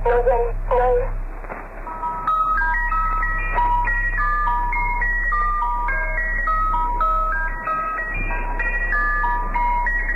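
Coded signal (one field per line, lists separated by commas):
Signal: numbers station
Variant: Swedish Rhapsody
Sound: tinkling music-box tune of stepping notes over steady low electrical hum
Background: mains hum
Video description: The numbers station featured in this is called The Swedish Rhapsody.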